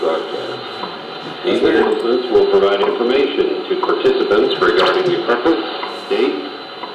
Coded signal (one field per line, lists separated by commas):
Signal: radio time signal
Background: speech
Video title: ARRL Field Day 2021 Live Stream